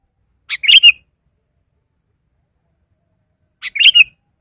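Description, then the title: Sooty-headed bulbul uttering two crisp, liquid phrases three seconds apart, each with a short lead-in note. "kutilang"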